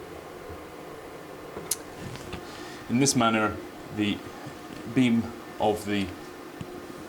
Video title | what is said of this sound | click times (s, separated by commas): PVE Measurements 3 Reflectance | pushes to the right hand stop and locks in place | 1.7 s